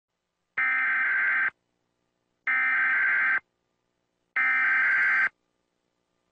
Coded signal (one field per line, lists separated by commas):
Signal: Emergency Alert System (SAME) tones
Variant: header bursts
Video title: Compix and Emergency Alert Systems